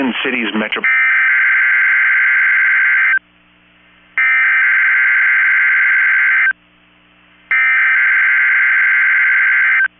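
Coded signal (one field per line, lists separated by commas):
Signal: Emergency Alert System (SAME) tones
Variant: header bursts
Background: speech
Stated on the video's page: Required weekly test from a weather radio station after it returned to the air.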